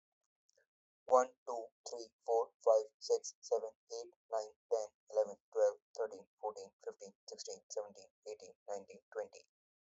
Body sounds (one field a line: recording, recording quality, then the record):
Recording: counting at a fast pace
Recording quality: excellent, no background noise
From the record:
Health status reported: healthy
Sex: male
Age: 29 years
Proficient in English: yes